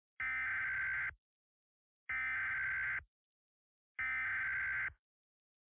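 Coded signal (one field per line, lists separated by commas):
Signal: Emergency Alert System (SAME) tones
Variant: header bursts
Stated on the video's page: Simulated EAS scenario for a fictional downburst warning in New York's Capital Region.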